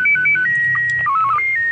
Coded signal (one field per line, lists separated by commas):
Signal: SSTV (slow-scan television)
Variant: PD 90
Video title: SSTV SES 8A09JS HUT ORLOK Jakarta Selatan ke-9 Tahun 2022